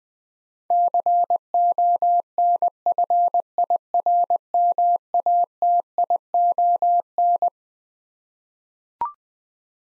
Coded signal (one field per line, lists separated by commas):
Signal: Morse code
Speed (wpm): 20 wpm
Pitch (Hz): 700 Hz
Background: none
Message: CONFIRMATION